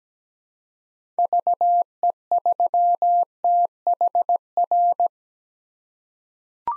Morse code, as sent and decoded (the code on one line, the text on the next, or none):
...- . ...-- - .... .-.
VE3THR